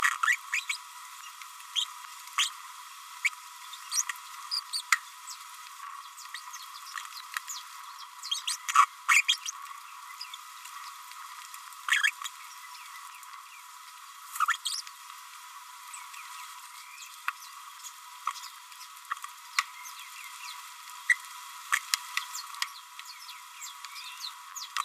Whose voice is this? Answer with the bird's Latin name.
Forpus passerinus